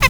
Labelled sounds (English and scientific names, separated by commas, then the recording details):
Zebra Finch (Taeniopygia guttata) stack call
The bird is a male
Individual mal9